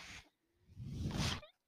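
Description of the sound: A short airy hiss, then a pause, then a longer rushing whoosh with a low rumble lasting under a second. It is a mechanical ventilator pushing air, the personal ventilator of a person who depends on one: the whoosh of one delivered breath, heard as background device noise.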